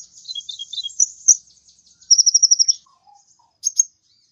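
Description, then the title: Birds twitter in a busy high tangle, then a quick rhythmic string of sharp repeated notes, followed by a few soft lower notes and a last chirp. "Burung Campur4"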